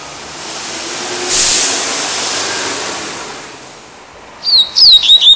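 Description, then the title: Double-collared Seedeater giving a short burst of high, sweeping whistled notes at the end, after a long stretch of rushing noise. "Canto Coleiro"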